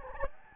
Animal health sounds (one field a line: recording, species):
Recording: mosquito wingbeat signal from an infrared sensor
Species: Anopheles gambiae